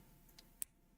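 A plastic knee pad piece is pressed onto the leg of a LEGO building-brick figure. A faint tick at 0.4 s is followed by a sharp, bright click at 0.6 s as the knee pad seats onto the leg.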